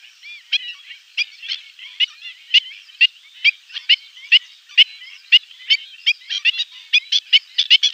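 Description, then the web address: Black-winged stilt giving a steady series of sharp, nasal yelping calls, roughly one or two per second, growing busier toward the end. "Schulze Peter Black-winged Stilt"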